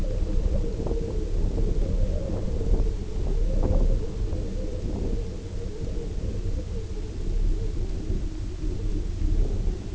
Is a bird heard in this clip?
no